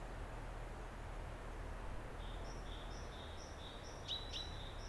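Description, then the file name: Great tit calling, a steady series of alternating high and lower thin notes starting partway through, with sharp clicks near the end, over constant low background hiss. "Parus major"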